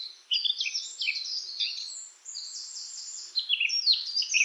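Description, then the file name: Eurasian blackcap with a dense, rushing warble of high twittering notes over a faint background hiss. "Sylvia atricapilla"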